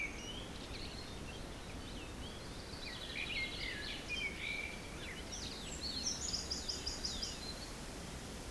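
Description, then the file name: Several birds sing jumbled warbled phrases, ending in a fast high trill, all over a steady roar of wind. Forest in spring, windy at Beaufort force 3, recorded at 1 pm. "Forest Spring Birds Windy 3 bft 1 pm"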